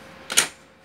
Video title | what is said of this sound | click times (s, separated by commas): Km 2040 how to remove paper jam - toner cartridge - drum unit | lock हो जाएगा इसे यहां पर आप इसको खोल सकते हैं यह प्रेस करेंगे तो ऊपर आ जाए लॉक | 0.3 s